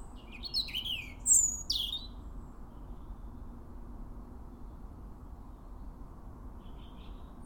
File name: Erithacus rubecula